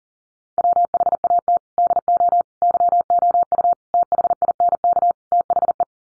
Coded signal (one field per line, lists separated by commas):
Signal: Morse code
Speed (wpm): 40 wpm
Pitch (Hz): 700 Hz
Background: none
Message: WHAT DO YOU THINK THE